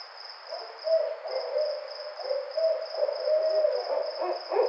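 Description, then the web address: Barred owl calling in a near-continuous, quavering stream of hoots that swell and waver, with insects trilling steadily in the background. Recorded on 28 May 2009. "Barred Owl 2009 05 28 Barred Owl 01"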